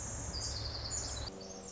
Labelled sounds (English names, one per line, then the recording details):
Pacific Wren
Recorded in Sonoma County, California